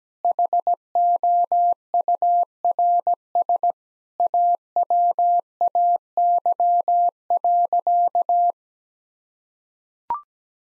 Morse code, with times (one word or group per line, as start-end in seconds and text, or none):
0.2-3.7 HOURS
4.2-8.5 AWAY.